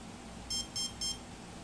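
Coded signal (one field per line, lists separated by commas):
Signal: beep code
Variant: brushless motor ESC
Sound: three short, evenly spaced high electronic beeps over a quiet low hum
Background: low room hum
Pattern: 3 short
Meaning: The setting has been saved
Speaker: And it should be set after you hear that.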